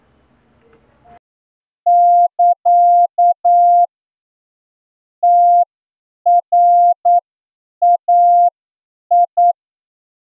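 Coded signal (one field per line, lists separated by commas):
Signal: Morse code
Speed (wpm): 9 wpm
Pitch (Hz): 700 Hz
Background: none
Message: <KA> TRAI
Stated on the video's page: Morse receiving test practice at 8 words per minute, plain language passage of 200 characters including letters, figures and punctuation.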